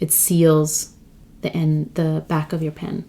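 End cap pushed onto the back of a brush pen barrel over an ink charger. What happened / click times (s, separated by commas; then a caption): The pen end cap is handled but not yet seated; no click is heard / none. Someone talks while handling the back end cap of a Ferris Wheel Press brush pen, which is pushed onto the barrel over an ink charger cartridge to pierce and seal it. Nothing has seated or clicked yet in this clip; the cap is not yet home.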